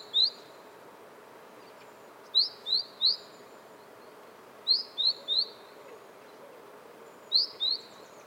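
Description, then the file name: Great tit giving thin, high call notes, one alone, then two groups of three and a group of two, repeated at intervals of a few seconds. "Parus major"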